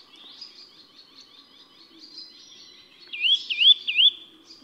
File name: 茶腹鳲